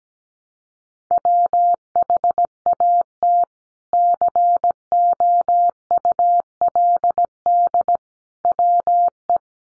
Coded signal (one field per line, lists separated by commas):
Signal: Morse code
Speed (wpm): 17 wpm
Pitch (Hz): 700 Hz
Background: none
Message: WHAT COULD WE